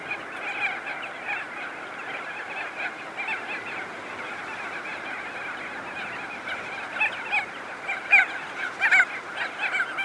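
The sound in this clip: Chorus of crested auklets, continuous nasal honking that grows into louder, sharper calls near the end.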